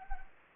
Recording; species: mosquito wingbeat signal from an infrared sensor; Anopheles gambiae